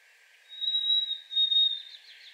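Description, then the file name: Harris's sparrow whistled song: one long high steady note held over a second, ending with faint soft chips. Singing in a yard. "Harriss Sparrow singing in my yard"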